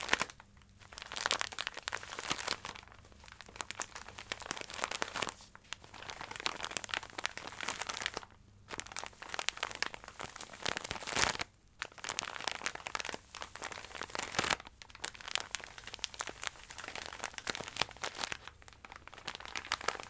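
Crinkling sounds fill the whole clip, a dense stream of bright, crisp rustles and crackles with brief pauses near 1, 8, 11 and 14 seconds. The crinkles come in uneven bursts, with a faint low hum steady underneath.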